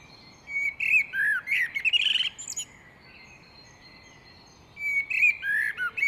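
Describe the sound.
Great tit calling with squeaky, slurred chirps and clicks for about two seconds, a pause with faint twitter, then another brisk run of chirps.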